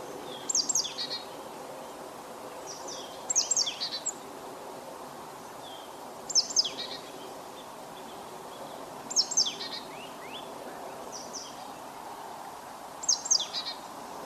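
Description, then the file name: Marsh tit giving repeated call bouts: bright, high clipped notes with falling slurs, roughly every two to three seconds, six bouts in all, over soft background hiss. "Poecile palustris"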